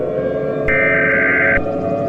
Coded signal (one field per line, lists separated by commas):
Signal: Emergency Alert System (SAME) tones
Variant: header bursts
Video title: EAS Mini Scenario: When Valentines Day Turns Freezing